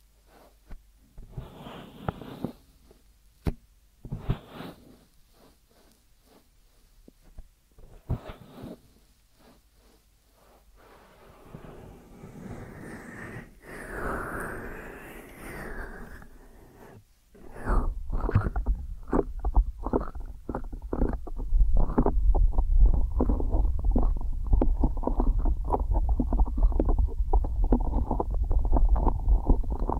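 Muffled ear massage sounds: soft low rubbing and sparse thumps at first, then after about eighteen seconds dense, rapid, louder scratchy strokes.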